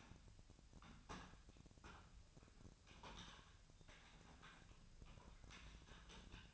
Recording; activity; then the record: daily activity, microphone in the room; typing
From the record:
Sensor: 2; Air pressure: 1009.3 hPa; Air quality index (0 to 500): 187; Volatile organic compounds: 11 ppm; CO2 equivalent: 2323 ppm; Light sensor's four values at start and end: 24/58/25/28 and 24/59/25/28